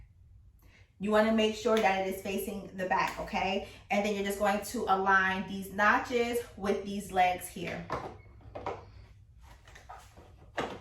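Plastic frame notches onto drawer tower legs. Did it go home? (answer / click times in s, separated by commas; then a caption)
no / none. Someone talks while lining up the notches of a plastic frame section with the legs of a plastic drawer tower, making sure it faces the back. A few short handling knocks follow near the end, around 8.7, 9.9 and 10.6 seconds. The frame has not yet snapped onto the legs, and nothing has seated or clicked.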